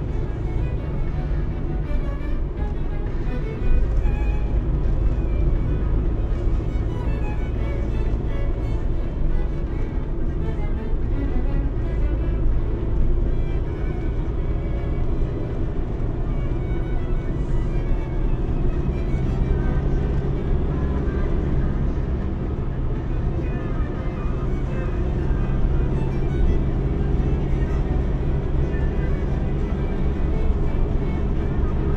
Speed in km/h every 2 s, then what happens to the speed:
57, 56, 56, 59, 55, 55, 63, 66, 70, 70, 78, 71, 71, 76, 77, 78.
0-11 steady at about 56. 11-19 speeds up to 78. 19-24 steady at about 71. 24-32 speeds up to 78.